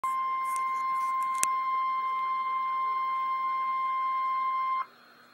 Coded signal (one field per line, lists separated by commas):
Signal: Emergency Alert System (SAME) tones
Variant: 1050 Hz attention tone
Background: speech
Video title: REAL EAS 616-Tornado warning